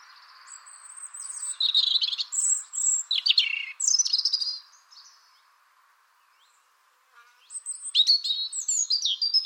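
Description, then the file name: European robin song: high sweet whistles and warbles in a long phrase, a pause, then another phrase, over faint background hiss. "Erithacus rubecula"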